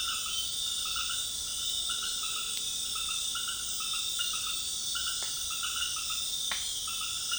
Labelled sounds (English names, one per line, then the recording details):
none
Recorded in dense forest near Puerto Asís, Putumayo, Colombia, on 21 February 2024 at 20:00
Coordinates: 0.502, -76.324
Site G6370